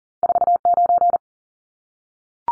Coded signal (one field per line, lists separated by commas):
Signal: Morse code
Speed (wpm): 40 wpm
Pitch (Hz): 700 Hz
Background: none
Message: 49